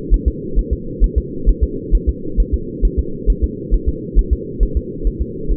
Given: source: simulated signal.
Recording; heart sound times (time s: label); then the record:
fetal heart sounds
0.14 s: S1
0.28 s: S2
0.59 s: S1
0.73 s: S2
1.04 s: S1
1.18 s: S2
1.49 s: S1
1.63 s: S2
1.95 s: S1
2.09 s: S2
2.40 s: S1
2.54 s: S2
2.85 s: S1
2.99 s: S2
3.30 s: S1
3.44 s: S2
3.74 s: S1
3.89 s: S2
4.19 s: S1
4.33 s: S2
4.63 s: S1
4.77 s: S2
5.07 s: S1
5.22 s: S2
5.51 s: S1
From the record:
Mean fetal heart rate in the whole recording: 135 bpm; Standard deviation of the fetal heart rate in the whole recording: 3 bpm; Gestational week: 36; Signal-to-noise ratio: -4.3 dB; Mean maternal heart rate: 72 bpm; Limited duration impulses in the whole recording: present